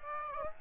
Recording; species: mosquito wingbeat signal from an infrared sensor; Aedes aegypti